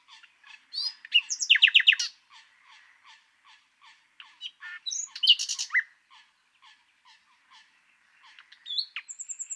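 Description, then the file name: Common nightingale song of soft, short repeated notes broken by loud rattling, whistled bursts, ending with a thin high trill. "Luscinia megarhynchos"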